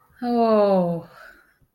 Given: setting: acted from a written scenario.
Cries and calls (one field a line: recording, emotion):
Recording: vocal sound without words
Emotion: ecstasy